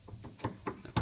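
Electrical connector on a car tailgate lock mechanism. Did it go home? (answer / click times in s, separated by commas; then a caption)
yes / 1.0 s. An electrical connector is pushed back onto the boot tailgate lock mechanism of a Renault Megane / Scenic MK1 during reassembly after a rear button replacement. A few soft knocks and taps sound at 0.5, 0.7 and 0.9 s, then a sharp, louder click at 1.0 s as the connector seats.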